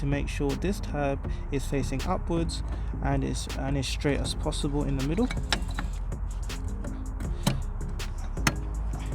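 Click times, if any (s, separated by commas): 8.5 s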